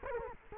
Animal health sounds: mosquito wingbeat signal from an infrared sensor; Culex quinquefasciatus

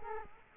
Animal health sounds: mosquito wingbeat signal from an infrared sensor; Culex quinquefasciatus

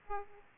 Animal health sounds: mosquito wingbeat signal from an infrared sensor; Aedes aegypti

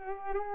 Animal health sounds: mosquito wingbeat signal from an infrared sensor; Culex pipiens

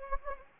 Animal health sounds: mosquito wingbeat signal from an infrared sensor; Anopheles gambiae

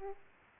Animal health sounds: mosquito wingbeat signal from an infrared sensor; Aedes aegypti

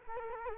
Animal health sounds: mosquito wingbeat signal from an infrared sensor; Culex quinquefasciatus

